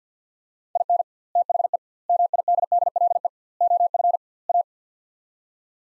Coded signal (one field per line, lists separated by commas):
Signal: Morse code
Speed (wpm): 50 wpm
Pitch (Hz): 700 Hz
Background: none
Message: IN THE MIDDLE OF A